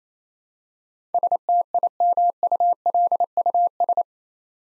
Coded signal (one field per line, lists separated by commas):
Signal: Morse code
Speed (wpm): 29 wpm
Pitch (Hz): 700 Hz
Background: none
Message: STIMULUS